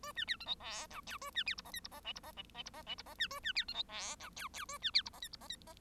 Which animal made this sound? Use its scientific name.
Lonchura striata domestica